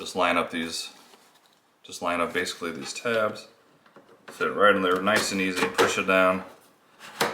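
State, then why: Seated. Someone talks while a tabbed plastic part of a Roborock S7 MaxV Ultra robot vacuum's self-empty dock is lined up by its tabs and pushed down into the base station. It seats with a single sharp plastic snap at 7.2 s, locking in place.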